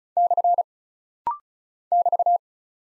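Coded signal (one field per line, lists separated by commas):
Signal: Morse code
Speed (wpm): 36 wpm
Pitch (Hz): 700 Hz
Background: none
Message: / <BT>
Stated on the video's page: Rapid-fire head-copy drill of single punctuation and prosign characters at 35 wpm, each character sent in Morse twice.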